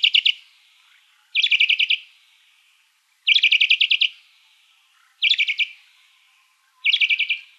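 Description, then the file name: Crissal thrasher with short rattling bursts of rapid harsh notes, each under a second, spaced one to two seconds apart, with faint echoing tails; background silent. Calls recorded in Arizona on 2 September 2002. "CRTH CALLS 1 deviche"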